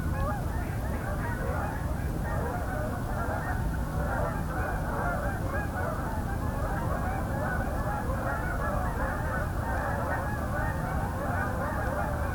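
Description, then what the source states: Canada Goose: canada geese giving a continuous chorus of overlapping nasal honks from many birds at once, steady in volume for the whole stretch. An incoming flight.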